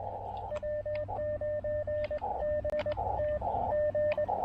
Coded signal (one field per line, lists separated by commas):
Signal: Morse code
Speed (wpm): 21 wpm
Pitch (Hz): 560 Hz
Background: radio noise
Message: W9BTG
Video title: Portable POTA QRP DXing: Pairing the TufteIn Random Wire and Elecraft KX2 at Parc Cartier Roberval